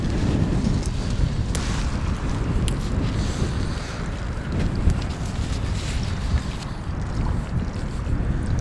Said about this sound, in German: Ab und an treibt der auflandige Wind eine Geruchsschwade in meine Richtung und ernsthaft, da kann einem schon der Appetit vergehen.